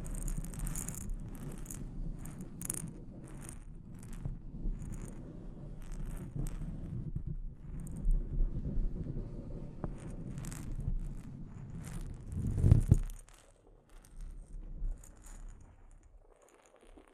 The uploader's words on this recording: ASMR Delicate Mic Scratching and Tapping Triggers for Instant Sleep (No Talking).